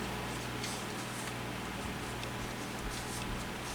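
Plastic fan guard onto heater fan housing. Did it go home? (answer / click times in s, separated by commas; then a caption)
no / none. A plastic fan guard is pressed onto the back of the fan housing of a Heat Wave H-500 ceramic heater, but it fails to snap in, blamed on warping from heat. Only a steady, even background noise is heard with faint light scuffs, and nothing has seated or clicked yet.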